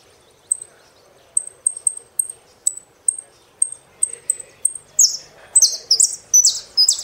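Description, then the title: Saffron finch song: a series of thin high tsip notes, then loud falling buzzy slurs at the end. "Jilguero Argentino"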